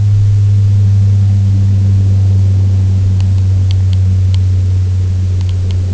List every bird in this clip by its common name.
none